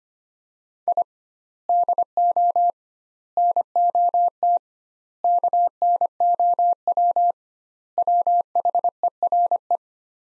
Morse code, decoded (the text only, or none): I DO NOT KNOW WHERE